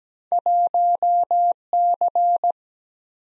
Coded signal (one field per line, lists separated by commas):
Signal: Morse code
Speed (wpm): 17 wpm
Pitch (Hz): 700 Hz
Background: none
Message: 1C